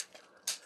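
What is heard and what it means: The plastic tank tread on a Transformers Titans Return Leader Six Shot robot figure is swung forward on its double hinges and pressed into its slot on the figure's body. After a faint tap at 0.1 s, a sharp, bright snap comes at 0.5 s as the tread seats in place.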